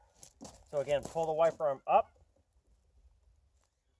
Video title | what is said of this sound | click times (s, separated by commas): Change Your Chevrolet GM C K Series Suburban Rear Wiper | into the wiper itself and I'm gonna pull it towards the outside of the vehicle until it snaps so | 0.2 s